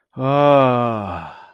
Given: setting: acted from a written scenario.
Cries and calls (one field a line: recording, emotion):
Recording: vocal sound without words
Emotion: ecstasy